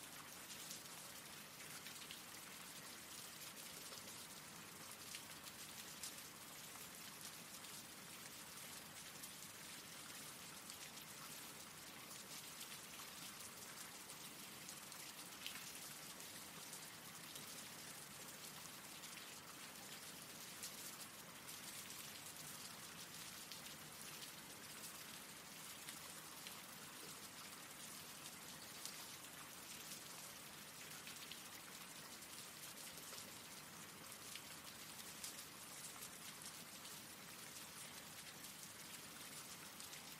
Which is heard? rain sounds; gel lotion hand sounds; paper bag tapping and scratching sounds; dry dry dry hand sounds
rain sounds